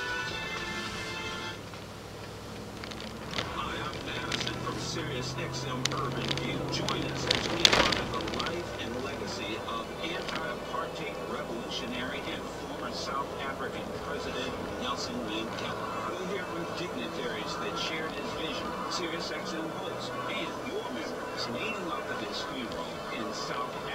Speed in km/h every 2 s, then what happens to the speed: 24, 31, 44, 50, 55, 55, 56, 56, 58, 60, 58, 58.
0-8 speeds up to 55. 8-24 steady at about 56.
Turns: none.